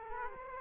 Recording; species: mosquito wingbeat signal from an infrared sensor; Aedes aegypti